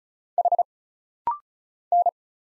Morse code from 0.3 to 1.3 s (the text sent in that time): H